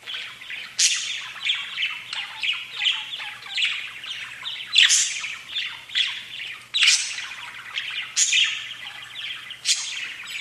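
Budgerigar chatter, a steady scratchy warble punctuated by sudden bright chirps.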